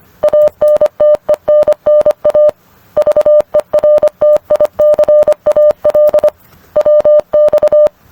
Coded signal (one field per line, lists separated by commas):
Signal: Morse code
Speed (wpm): 25 wpm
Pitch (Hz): 600 Hz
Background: none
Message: ANTENNA VERTICAL WX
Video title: Training for QSO Protocols and Scripts #morse #morsecode #morsecodepractice